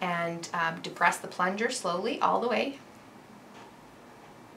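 Someone talks while the plunger of a naloxone injection syringe is pressed slowly down the barrel during an intramuscular injection training demo. Speech fills the first 2.8 seconds, followed by quiet background with no distinct ticks. Nothing has seated or clicked yet; the plunger has not bottomed out.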